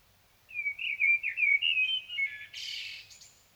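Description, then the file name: Common blackbird singing a rich, fluty warble of varied notes, finishing with a harsh, high-pitched squeaky flourish. "Turdus merula"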